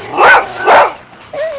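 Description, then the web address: Dog giving two quick, gruff barks followed by a short, thin whine. "SOUNDLIB 2. bark"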